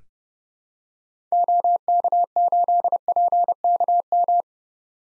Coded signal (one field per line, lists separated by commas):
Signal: Morse code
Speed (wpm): 32 wpm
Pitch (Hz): 700 Hz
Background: none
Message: OK8PKM